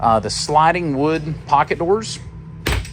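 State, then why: Seated. A sliding wooden pocket door in a 2016 Renegade Classic Super C motorhome built on a long-hood Peterbilt 389 is pushed open against the wall, where its magnetic catch holds it. Someone talks for most of the clip, then a sharp click at 2.7 s marks the magnetic catch latching the door against the wall.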